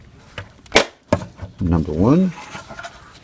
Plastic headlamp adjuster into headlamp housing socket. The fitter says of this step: So here's where you do need to give it a little push until it snaps in place.